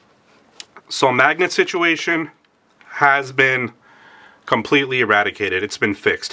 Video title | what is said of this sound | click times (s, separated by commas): Elevating Peak Carry: Unpacking the Newest Features of the 3DC Sling! | and it's got a lot of strength you can hear the audible click on that | 0.6 s